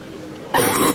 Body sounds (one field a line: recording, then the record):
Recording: coughing mixed with background sound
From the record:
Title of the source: 30 Chesty and wet cough